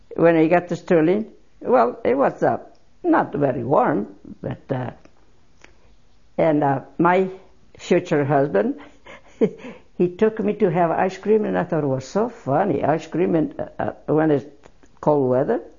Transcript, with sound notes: when I got to Sterling, well, it was not very warm but, and my future husband ( she laughs ) he took me to have ice cream, and I thought it was so funny. Ice cream when it's cold weather?